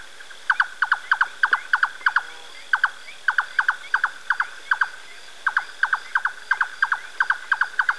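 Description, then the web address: Bird song of rapid, regularly repeated short descending notes, mostly in pairs, delivered steadily throughout with faint higher twitters behind. Spain. "ianr Birding Spain Songs"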